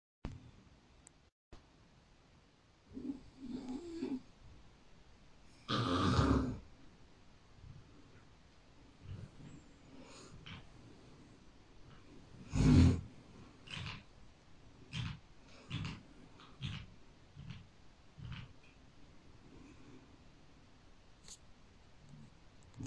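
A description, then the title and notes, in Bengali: Snoring, with two loud, rough snorts near six and thirteen seconds between softer, irregular breathy rumbles and short puffs. নাক ডাকার শব্দ.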